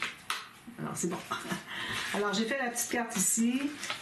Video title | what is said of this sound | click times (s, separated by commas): Tuto #10a de 11 - Album "Majestic Dream" Partenariat Mamscrap - La Structure - Scrapbooking | Puis d'ailleurs, on entend bien le clic. | 0.3 s